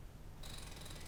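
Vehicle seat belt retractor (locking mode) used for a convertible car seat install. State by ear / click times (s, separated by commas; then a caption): not seated / none. A Tesla Model X seat belt, pulled fully out, retracts while a Graco Extend2Fit convertible car seat is installed rear-facing, ratcheting the retractor into its automatic locking mode for the car seat. A low, quiet rumble gives way at about 0.4 s to a steady, buzzing ratchet with a bright tone near 4 kHz that lasts to the end. Nothing has seated or clicked yet.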